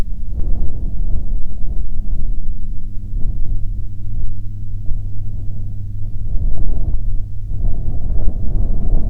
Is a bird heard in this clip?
no